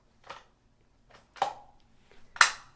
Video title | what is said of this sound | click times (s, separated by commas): Staples Hyken Mesh Task Chair 6 Month Review! (Still The Best BUDGET Chair Under $300?) | you hear a clicking sound like that and now it won't move at all in that position | 2.4 s